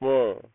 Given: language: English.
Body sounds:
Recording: throat vibration sensor signal played as sound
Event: speech

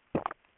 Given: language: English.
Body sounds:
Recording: throat vibration sensor signal played as sound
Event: swallow

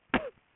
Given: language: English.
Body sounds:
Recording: throat vibration sensor signal played as sound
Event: cough

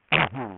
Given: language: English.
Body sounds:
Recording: throat vibration sensor signal played as sound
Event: throat clearing

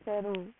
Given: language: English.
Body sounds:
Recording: throat vibration sensor signal played as sound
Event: speech

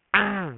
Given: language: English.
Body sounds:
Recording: throat vibration sensor signal played as sound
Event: throat clearing

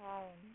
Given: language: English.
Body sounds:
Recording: throat vibration sensor signal played as sound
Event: speech

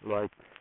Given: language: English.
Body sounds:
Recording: throat vibration sensor signal played as sound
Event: speech

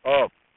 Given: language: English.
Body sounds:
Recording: throat vibration sensor signal played as sound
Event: speech

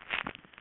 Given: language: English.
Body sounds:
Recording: throat vibration sensor signal played as sound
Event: swallow

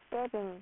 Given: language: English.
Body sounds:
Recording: throat vibration sensor signal played as sound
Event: speech

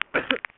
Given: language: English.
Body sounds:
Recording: throat vibration sensor signal played as sound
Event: cough

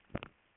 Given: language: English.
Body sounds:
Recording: throat vibration sensor signal played as sound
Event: swallow

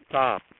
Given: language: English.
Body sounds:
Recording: throat vibration sensor signal played as sound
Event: speech

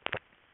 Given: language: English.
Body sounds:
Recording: throat vibration sensor signal played as sound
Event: swallow

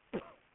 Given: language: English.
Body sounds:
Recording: throat vibration sensor signal played as sound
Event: cough

